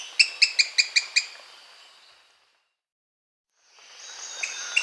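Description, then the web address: Long-crested pygmy-tyrant song: a quick series of six sharp, high clicking notes, then a pause and a few more high notes over a faint hiss. Bolivia; Amazon region. "Birds of the Amazon 3. Long-crested Pygmy-Tyrant (Lophotriccus eulophotes), Bolivia"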